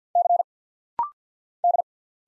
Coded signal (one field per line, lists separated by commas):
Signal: Morse code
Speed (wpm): 50 wpm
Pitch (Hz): 700 Hz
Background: none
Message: C D